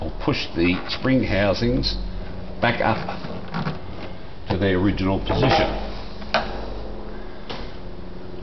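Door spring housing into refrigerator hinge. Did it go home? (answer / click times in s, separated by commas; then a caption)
no / none. Someone talks while a plastic spring housing on a Dometic refrigerator door hinge is pushed back up toward its original position, with brief sharp handling sounds near 6.3 s and 7.5 s. Nothing has seated or clicked in yet.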